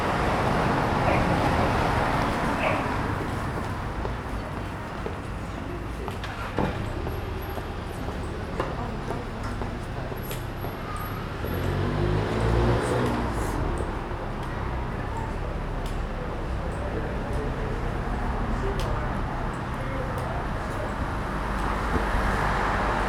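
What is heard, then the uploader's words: Outside a small bar on a narrow street, a steady murmur of traffic and voices holds with passing footsteps and faint brief clinks throughout. Street bar. Captured on the pavement outside a small bar in a narrow street. Daylight is running out as people return home after shopping in the city. The street is decorated with Christmas lights along the length.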